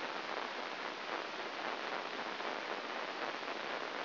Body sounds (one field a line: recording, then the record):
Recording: brain microelectrode recording played as sound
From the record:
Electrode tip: inside the subthalamic nucleus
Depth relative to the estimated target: 2 mm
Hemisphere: right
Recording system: AlphaMap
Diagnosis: Parkinson's disease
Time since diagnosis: 12 years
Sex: male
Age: 57 years